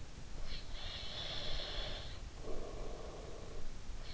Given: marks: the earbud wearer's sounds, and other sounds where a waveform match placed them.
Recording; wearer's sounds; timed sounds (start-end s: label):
sounds in sleep by an in-ear microphone; breath
0.20-3.84 s: breath